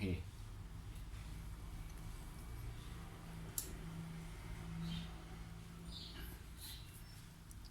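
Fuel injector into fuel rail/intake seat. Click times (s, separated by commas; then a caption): 3.6 s. A fuel injector is pushed into its seat in the fuel rail/intake during reassembly, with a sharp hit at 3.6 s as it locks into place before the 10 mm bolt is tightened. A steady low hum runs throughout while someone talks.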